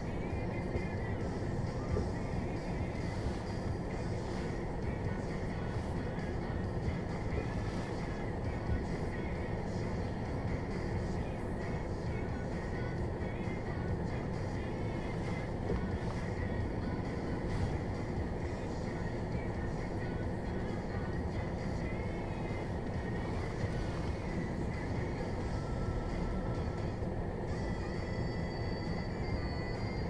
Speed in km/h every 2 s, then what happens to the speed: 0, 0, 0, 0, 0, 0, 0, 0, 1, 1, 1, 0, 1, 1, 1.
0-30 standing.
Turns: none.